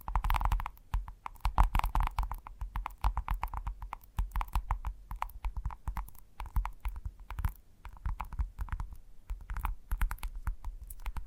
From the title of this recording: ASMR Gentle Tapping